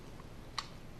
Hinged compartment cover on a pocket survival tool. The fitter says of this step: it snaps back in place now on some of the reviews they said that this piece broke and